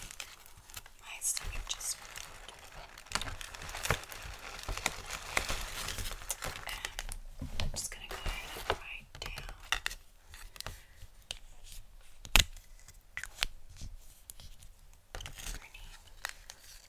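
Gift wrapping paper crinkles and rustles in dense, irregular bursts, with sharp snaps and clicks around four, twelve and thirteen seconds.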